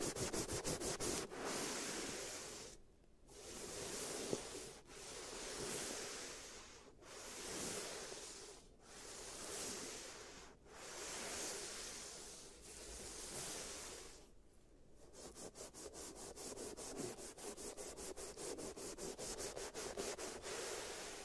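Giant teeth treatment: a dense, hissy scraping rubs back and forth in steady strokes, swelling and easing roughly every two seconds with brief gaps near 3, 7, 10 and 15 seconds. From about 15 seconds, a fast rattling clicking runs through the scraping until the end.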